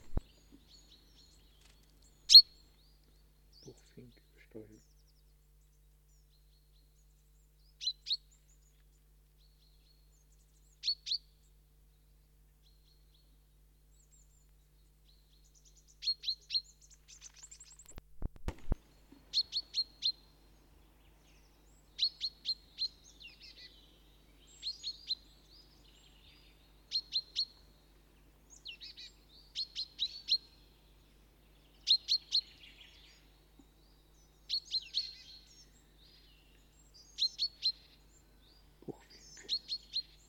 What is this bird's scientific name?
Fringilla coelebs